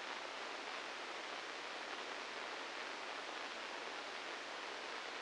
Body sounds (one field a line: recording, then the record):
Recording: brain microelectrode recording played as sound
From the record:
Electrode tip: inside the subthalamic nucleus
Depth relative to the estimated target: 3 mm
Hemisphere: right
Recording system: NeuroSet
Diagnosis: Parkinson's disease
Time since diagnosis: 9 years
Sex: male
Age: 56 years